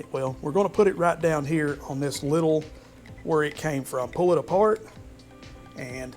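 A split lower slide bushing for a Honda Goldwing motorcycle fork is handled and spread apart by hand, held at its groove at the bottom of the fork inner tube. Someone talks throughout while the bushing is positioned. Nothing has seated or clicked yet; the clip ends just before it snaps home.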